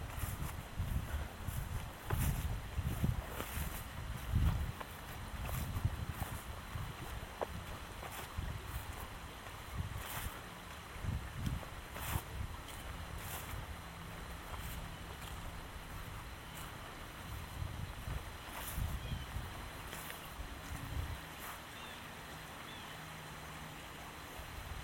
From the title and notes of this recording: Walk in Pennsylvania. A walk in Michaux State Forest.